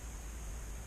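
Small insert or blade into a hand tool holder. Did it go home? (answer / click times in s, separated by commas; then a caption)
no / none. A small insert or blade is handled at a hand tool holder after it turns out the part has to go in first and now fits. Only a steady broadband hiss with low rumble is heard, with no sharp transients. Nothing has seated or clicked yet.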